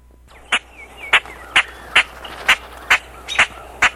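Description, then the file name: Common grackle repeating sharp, dry chack notes about twice a second, fairly steady, with a faint whistled note early on and low background hum. Marshbird survey training. "Common Grackle-mmp training"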